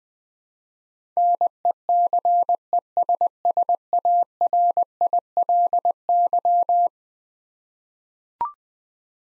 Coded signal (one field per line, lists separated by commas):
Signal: Morse code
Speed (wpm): 21 wpm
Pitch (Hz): 700 Hz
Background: none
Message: NECESSARILY